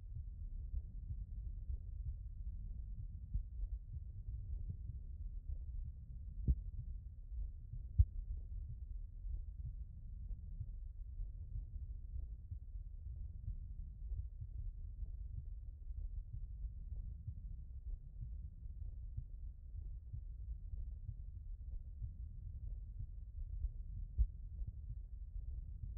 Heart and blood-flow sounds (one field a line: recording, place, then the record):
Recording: heart sounds by stethoscope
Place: aortic valve (AV)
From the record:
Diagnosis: non-HFrEF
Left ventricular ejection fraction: 64%